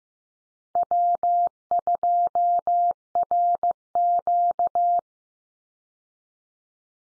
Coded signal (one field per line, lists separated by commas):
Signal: Morse code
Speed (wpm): 15 wpm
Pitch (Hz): 700 Hz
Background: none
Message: W2RQ